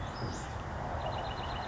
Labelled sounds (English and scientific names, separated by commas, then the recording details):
Western Flycatcher (Empidonax difficilis)
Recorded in Sonoma County, California